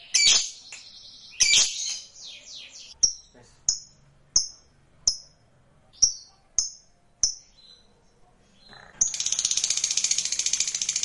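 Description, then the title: Lovebird calls, harsh bursts and then a series of short high chirps, before a dense rapid buzzy chatter begins near the end. Recording meant to spur a reluctant lovebird into spontaneous, eager, sustained singing. "LOVEBIRD Malas Bunyi JADI GREGET SPONTAN Langsung NARIK"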